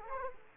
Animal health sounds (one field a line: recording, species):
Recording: mosquito wingbeat signal from an infrared sensor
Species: Culex quinquefasciatus